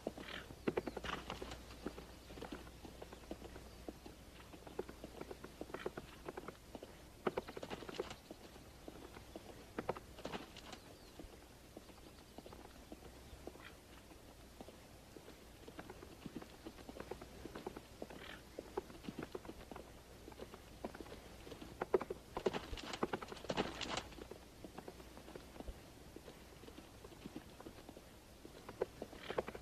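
Horse hooves clip-clop across the ground in an uneven rhythm during a show jumping final round, the horse being Arabella Hill from the Walty stables in Boston, with bursts of heavier thuds and quieter patches, over a low steady rumble and no talking.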